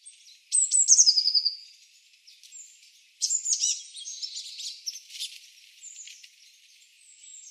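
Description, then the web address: Eurasian blue tit: small bird giving high, thin notes and a trilled, scolding chatter that descends, in two bursts separated by a pause; background otherwise quiet. "cianscape. Deverinetal"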